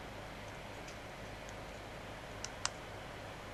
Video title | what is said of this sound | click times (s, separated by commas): collection of canon bubblejet bjc-teardown clips part5 | and they go they just click into place | 2.4 s, 2.7 s